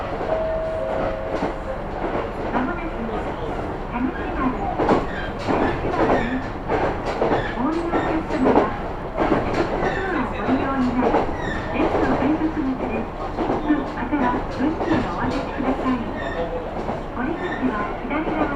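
A ride on the Kyudai Main Line train from Hita to Tanushimaru: a steady, dense rumble with rapid, irregular clicks and knocks throughout. A brief high tone sounds near the start, and wavering mid-range sounds drift in and out over the constant running noise.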